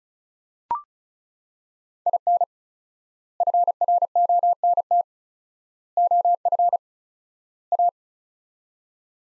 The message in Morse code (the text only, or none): IN FRONT OF A